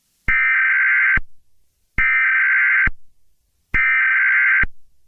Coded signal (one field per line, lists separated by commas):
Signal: Emergency Alert System (SAME) tones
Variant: header bursts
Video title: EAS Scenario Christmas Special - Merry Bloodmas